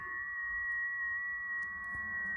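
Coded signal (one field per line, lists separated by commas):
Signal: FT8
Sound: steady pure whistle near 1.9 kHz with faint lower tones, barely stepping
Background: faint low hum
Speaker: it's transmitting now as you can see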